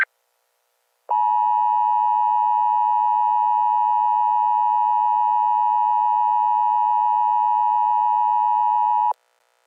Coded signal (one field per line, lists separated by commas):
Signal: Emergency Alert System (SAME) tones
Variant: 853 and 960 Hz attention tone